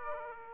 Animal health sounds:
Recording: mosquito wingbeat signal from an infrared sensor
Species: Aedes aegypti

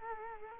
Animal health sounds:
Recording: mosquito wingbeat signal from an infrared sensor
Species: Culex quinquefasciatus

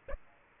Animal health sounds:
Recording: mosquito wingbeat signal from an infrared sensor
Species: Aedes aegypti

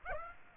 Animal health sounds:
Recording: mosquito wingbeat signal from an infrared sensor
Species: Aedes aegypti

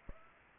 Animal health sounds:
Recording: mosquito wingbeat signal from an infrared sensor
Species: Aedes aegypti

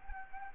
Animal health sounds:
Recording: mosquito wingbeat signal from an infrared sensor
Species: Anopheles gambiae

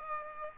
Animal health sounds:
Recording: mosquito wingbeat signal from an infrared sensor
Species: Aedes aegypti

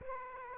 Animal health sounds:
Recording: mosquito wingbeat signal from an infrared sensor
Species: Aedes aegypti

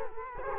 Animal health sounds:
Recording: mosquito wingbeat signal from an infrared sensor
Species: Culex quinquefasciatus

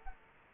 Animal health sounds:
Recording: mosquito wingbeat signal from an infrared sensor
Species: Culex quinquefasciatus

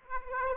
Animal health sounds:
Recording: mosquito wingbeat signal from an infrared sensor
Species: Aedes aegypti

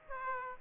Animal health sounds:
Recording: mosquito wingbeat signal from an infrared sensor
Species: Aedes aegypti

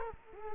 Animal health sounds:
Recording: mosquito wingbeat signal from an infrared sensor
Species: Culex quinquefasciatus

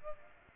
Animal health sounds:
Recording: mosquito wingbeat signal from an infrared sensor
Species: Culex pipiens

